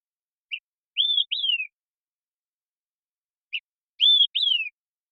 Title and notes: Olive-Sided Flycatcher, Contopus cooperi, famous for being the bird that orders, "Quick! Three beers!"